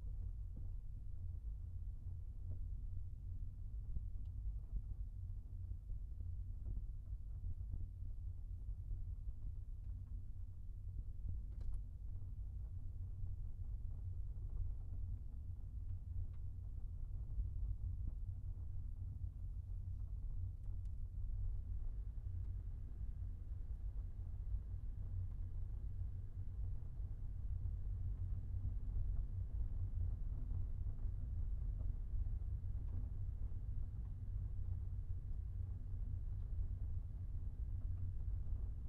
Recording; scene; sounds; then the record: everyday scene through a hearing-aid microphone; in a vehicle; engine, rumble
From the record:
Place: Skoda Fabia, gasoline engine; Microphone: behind the ear, right, rear